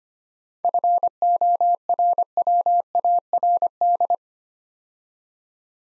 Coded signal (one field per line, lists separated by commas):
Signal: Morse code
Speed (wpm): 25 wpm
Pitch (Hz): 700 Hz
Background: none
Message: FORWARD